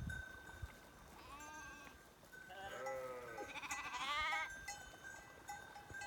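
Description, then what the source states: Sheep bleats, a soft bleat followed by a louder, rougher overlapping pair of bleats midway, with a steady faint tone and low background noise. September 2021.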